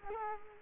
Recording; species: mosquito wingbeat signal from an infrared sensor; Culex quinquefasciatus